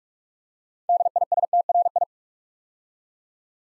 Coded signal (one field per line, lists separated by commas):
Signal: Morse code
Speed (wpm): 44 wpm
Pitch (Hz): 700 Hz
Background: none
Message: DISTRI